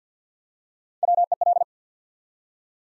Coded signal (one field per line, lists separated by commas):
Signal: Morse code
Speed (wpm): 50 wpm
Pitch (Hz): 700 Hz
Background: none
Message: WEL